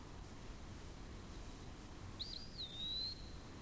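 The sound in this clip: Eastern wood-pewee: a lone drawn-out whistle from an eastern wood-pewee, swooping up and down before settling into a long even note, against quiet low-pitched hiss.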